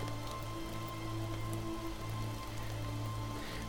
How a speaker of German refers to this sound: Da ist nur der Regen.